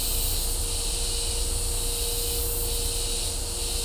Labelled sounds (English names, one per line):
none